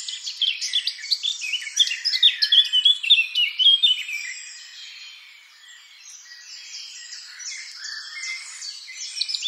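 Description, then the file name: Eurasian blackcap song opening with loud, quick chattering and fluted notes, fading after four seconds into a quiet continuous scratchy warble. "Sylvia atricapilla"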